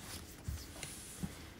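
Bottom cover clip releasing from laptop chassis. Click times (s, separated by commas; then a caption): 0.8 s. A plastic pick slides along the edge of a 2024 ROG Zephyrus G14 laptop's bottom cover to release its snap clips. A sharp click at 0.8 s marks a clip popping loose from the chassis, over low scraping and a couple of soft thumps, and the cover is released.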